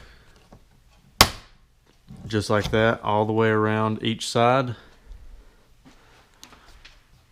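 A trim puller hooked under the inside rear panel of an SUV rear door or tailgate is pulled down, and a plastic retaining clip pops out of the metal body with one sharp, loud pop at 1.2 s. Someone then talks, and a few faint ticks follow near the end. The trim panel clip is released.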